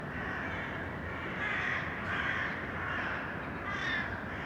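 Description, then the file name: Crows giving a few rough, drawn-out caws over a dense, steady background hiss. Urban crows. "Detunized - Urban Crows"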